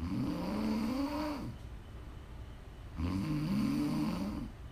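Two long, low, rumbling snores with a pitched drone, about 1.3 seconds each, separated by quiet exhalation pauses, from an adult woman asleep.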